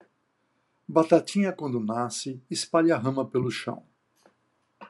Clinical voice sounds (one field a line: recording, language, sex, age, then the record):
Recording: short text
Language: Brazilian Portuguese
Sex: male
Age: 60 to 69 years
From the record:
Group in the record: control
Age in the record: 63 years